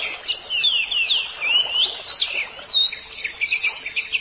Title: Suara Kicauan Burung Kacer